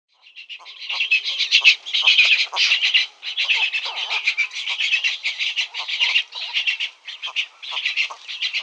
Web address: Cattle Egret nestlings